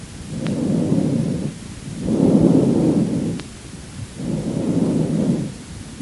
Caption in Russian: Ларинготрахеальное дыхание, зарегистрированное в области щитовидного хряща гортани. Возникает в результате турбулентного завихрения воздушного потока в области гортани, голосовой щели и бифуркации трахеи на протяжении всего вдоха и выдоха ларинготрахеальное дыхание представляет собой более грубый по тембру и высокочастотный шум, причем продолжительность выдоха превышает длину вдоха.